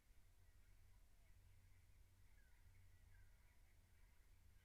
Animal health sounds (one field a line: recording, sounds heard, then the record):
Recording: poultry house recording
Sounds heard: no chicken sound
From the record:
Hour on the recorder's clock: 15